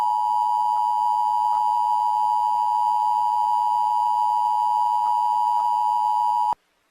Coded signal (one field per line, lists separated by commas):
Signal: Emergency Alert System (SAME) tones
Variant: 853 and 960 Hz attention tone